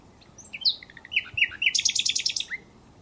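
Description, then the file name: Common nightingale song phrase of varied whistled and clicking notes leading into a loud, high, rapid rattle, finishing with a single lower slurred note. "Luscinia megarhynchos"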